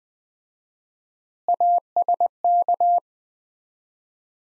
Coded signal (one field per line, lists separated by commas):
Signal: Morse code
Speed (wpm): 20 wpm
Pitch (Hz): 700 Hz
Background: none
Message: ASK